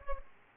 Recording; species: mosquito wingbeat signal from an infrared sensor; Aedes aegypti